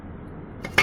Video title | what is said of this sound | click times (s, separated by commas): Galaxy S21 Color replacement#갤럭시S21색상교체영상#갤럭시S21#갤럭시S21베젤하우징교체#갤럭시S21배터리수리#갤럭시S21후면커버교체#자가수리공간 | 딱 소리가 날 때까지 눌러 주시면 돼요. | 0.8 s